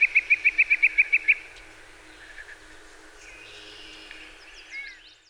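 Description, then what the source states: Yellow-breasted chat giving a rapid run of short, even, clipped notes, then fainter scattered chirps. Recorded 24 May 2019.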